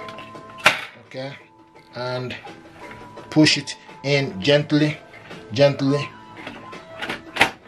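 Someone talks over background music while the paper tray of an HP MFP 179FNW laser multifunction printer is pushed gently into the printer. A sharp sound is heard at 0.7 s, and the tray clicks home and latches at 7.4 s. The flashing amber light then goes off.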